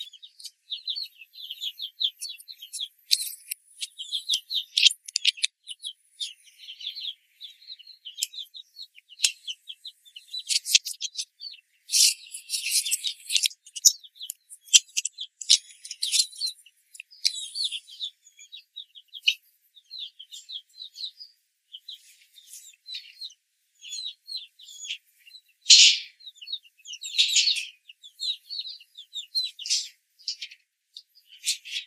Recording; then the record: young laying hens in a cage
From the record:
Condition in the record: control cage, after the stress test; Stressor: none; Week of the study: 4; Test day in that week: 1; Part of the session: 1